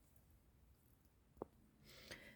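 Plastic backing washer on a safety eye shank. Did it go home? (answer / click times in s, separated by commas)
partly / 1.4 s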